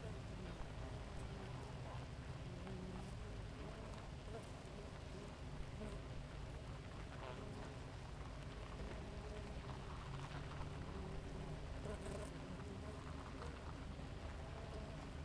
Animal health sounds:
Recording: honeybee colony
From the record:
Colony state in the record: active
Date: 28 July 2017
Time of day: 5:01

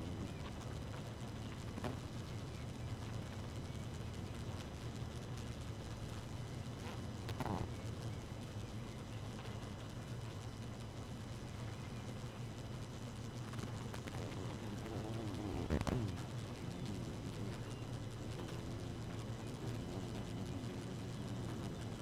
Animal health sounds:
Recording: honeybee colony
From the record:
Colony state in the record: active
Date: 12 June 2018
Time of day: 2:56

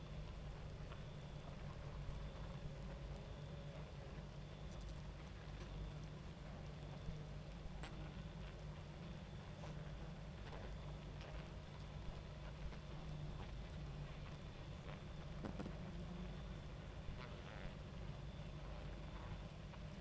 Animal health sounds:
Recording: honeybee colony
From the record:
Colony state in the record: active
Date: 28 July 2017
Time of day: 23:52

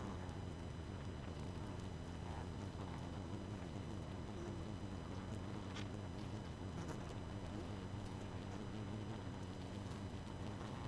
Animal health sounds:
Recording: honeybee colony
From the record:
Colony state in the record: missing queen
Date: 31 May 2018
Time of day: 22:32

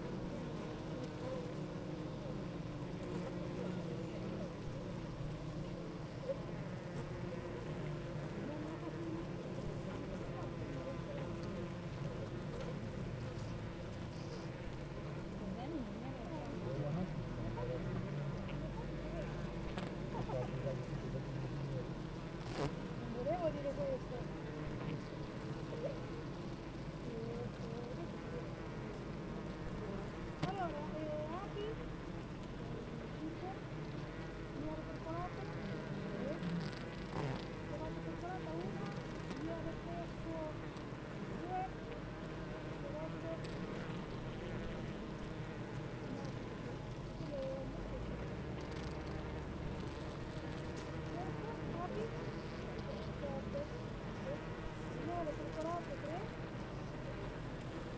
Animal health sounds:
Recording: honeybee colony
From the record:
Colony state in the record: active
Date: 28 July 2017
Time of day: 8:38

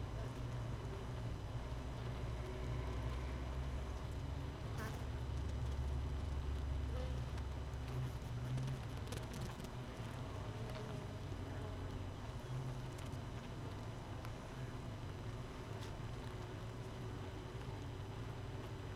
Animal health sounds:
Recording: honeybee colony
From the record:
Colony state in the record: missing queen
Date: 31 May 2018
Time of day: 5:20

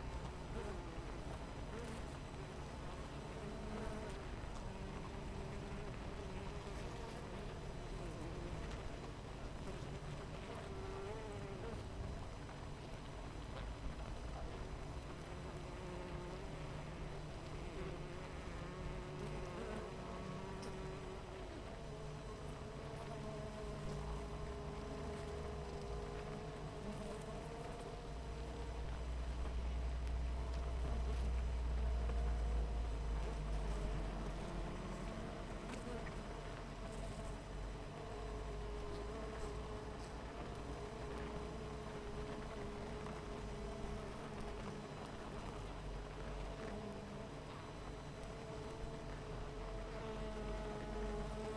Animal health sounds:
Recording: honeybee colony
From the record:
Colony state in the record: missing queen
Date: 14 July 2017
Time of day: 8:58

